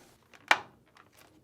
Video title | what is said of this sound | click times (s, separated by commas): How to replace Samsung washing machine User Interface Control Board part # DC92-01022A | push it until it locks in place next | 0.5 s